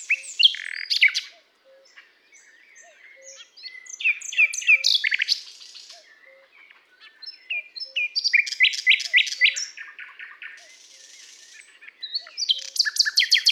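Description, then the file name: Common nightingale song in varied phrases of sharp chips, whistles and rattles with short pauses between them; soft low notes are repeated faintly behind. "Luscinia megarhynchos"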